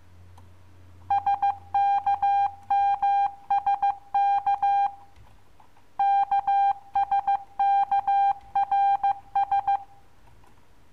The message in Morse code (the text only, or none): SKMSK KSKRS